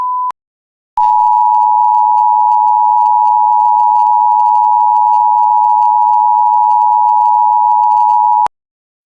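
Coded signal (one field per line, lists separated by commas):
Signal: Emergency Alert System (SAME) tones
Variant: 853 and 960 Hz attention tone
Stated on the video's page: Fictional scenario alert.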